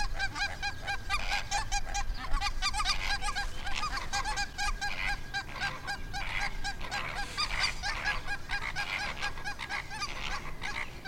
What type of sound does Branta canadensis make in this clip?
call